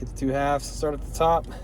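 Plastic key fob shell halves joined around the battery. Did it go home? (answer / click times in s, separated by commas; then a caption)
no / none. The plastic halves of a 2023 Nissan Altima remote key fob shell are being joined around the newly fitted coin battery, pushed together starting at the top and worked down. Someone talks throughout, with no distinct click in the clip. Nothing has seated or clicked yet; the halves are still being handled.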